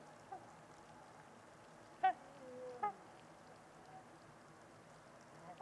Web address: Trumpeter Swans on a Winter's Eve. Wind Is the Original Radio. Winters-Lake-with-Swan